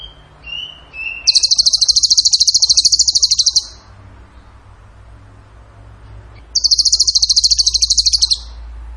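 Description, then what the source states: Bird song opening with a few short whistled notes, followed by two long, fast, high-pitched pulsed trills separated by a pause of nearly three seconds. Masteran (training recording) of bird song in the tembakan gacor style.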